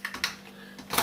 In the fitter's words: Clicks into place.